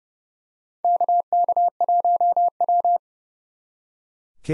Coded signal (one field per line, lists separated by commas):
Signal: Morse code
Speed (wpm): 29 wpm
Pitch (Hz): 700 Hz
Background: none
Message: KK1W